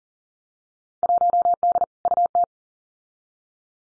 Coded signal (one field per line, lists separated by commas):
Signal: Morse code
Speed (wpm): 40 wpm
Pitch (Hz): 700 Hz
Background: none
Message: 1D UT